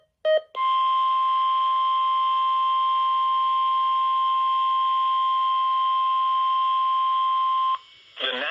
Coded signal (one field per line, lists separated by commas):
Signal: Emergency Alert System (SAME) tones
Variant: 1050 Hz attention tone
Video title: Severe Thunderstorm Watch #19 From February 16th 2022 (EAS#468)